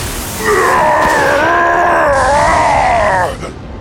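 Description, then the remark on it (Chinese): A long, strained monstrous scream from the demon Hakkar in pain after being struck by two bolts of lightning in a World of Warcraft story, rising and wavering for about three seconds, harsh and layered with rough overtones, then cutting off abruptly over a low rumbling background. “哈卡痛得失声尖叫，马法里奥不禁浑身颤抖。”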